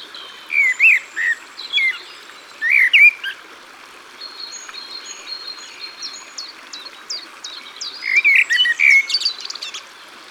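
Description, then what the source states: Common blackbird song, clear whistled phrases in two bursts, a quieter stretch of high ticking notes between, over a steady backdrop of flowing water. Singing beside the water.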